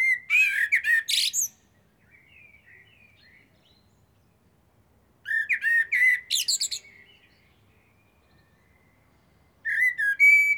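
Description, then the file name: Eurasian blackbird song: mellow fluted warbles followed by shrill twittering flourishes, in repeated phrases with faint soft notes between. "Turdus merula"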